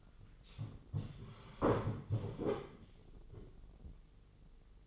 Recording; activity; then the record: daily activity, microphone in the room; sit down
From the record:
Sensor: 4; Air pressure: 996.7 hPa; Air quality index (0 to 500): 241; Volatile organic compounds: 351 ppm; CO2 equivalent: 4585 ppm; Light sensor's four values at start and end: 46/114/47/47 and 46/114/47/47